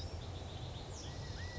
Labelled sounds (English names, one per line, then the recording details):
California Quail
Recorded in Sonoma County, California